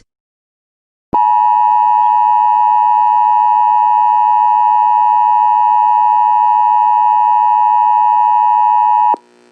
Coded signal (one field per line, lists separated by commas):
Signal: Emergency Alert System (SAME) tones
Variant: 853 and 960 Hz attention tone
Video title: Planet X (An EAS Scenario)